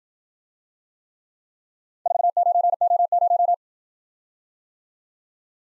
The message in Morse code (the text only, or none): 49O0